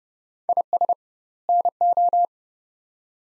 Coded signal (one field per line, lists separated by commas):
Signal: Morse code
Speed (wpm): 29 wpm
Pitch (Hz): 700 Hz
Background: none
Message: IS NO